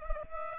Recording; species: mosquito wingbeat signal from an infrared sensor; Culex pipiens